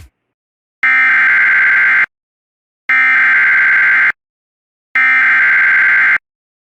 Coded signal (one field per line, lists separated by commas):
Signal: Emergency Alert System (SAME) tones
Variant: header bursts